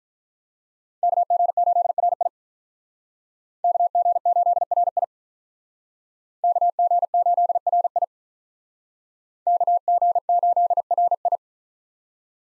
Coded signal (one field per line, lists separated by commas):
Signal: Morse code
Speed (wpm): 44 wpm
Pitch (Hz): 700 Hz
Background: none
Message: KG8RI KG8RI KG8RI KG8RI